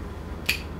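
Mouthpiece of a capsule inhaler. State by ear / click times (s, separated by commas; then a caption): seated / 0.5 s. The mouthpiece of a capsule inhaler is snapped shut again after a capsule has been placed inside. A single short, bright click sounds at 0.5 s over a faint low background hum. The click means the mouthpiece is properly closed.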